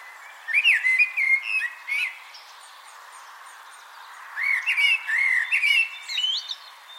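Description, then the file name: Common blackbird singing two rich, whistled, warbling phrases, each sliding up and down and finishing with high scratchy chips, separated by about two seconds of quiet. "Turdus merula"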